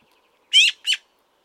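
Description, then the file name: Eurasian magpie giving two harsh, chattering notes in quick succession, the first longer and louder, the second shorter. "Pica pica"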